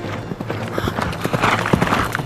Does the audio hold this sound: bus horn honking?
no